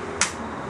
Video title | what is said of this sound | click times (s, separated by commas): Bootiq Astro Shuttle by Bertini - http://www.bubsngrubs.com.au | merely press the buttons on either side of the height adjustable handles locks into place lock on the side here | 0.2 s